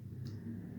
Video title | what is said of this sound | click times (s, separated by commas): ENJO tools | you'll feel it click and then pop the collar up to lock it in place okay | 0.3 s